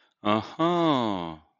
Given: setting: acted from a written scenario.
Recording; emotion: vocal sound without words; realization